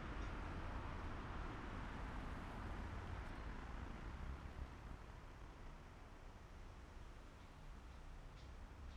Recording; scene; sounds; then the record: everyday scene through a hearing-aid microphone; in traffic; traffic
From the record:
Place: main city hub, rush hour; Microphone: behind the ear, left, rear